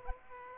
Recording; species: mosquito wingbeat signal from an infrared sensor; Aedes aegypti